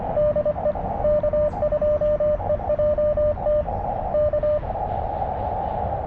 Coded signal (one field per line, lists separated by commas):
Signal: Morse code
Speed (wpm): 24 wpm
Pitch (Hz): 600 Hz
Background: radio noise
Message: DE K2EJT K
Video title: Partial POTA at US-4567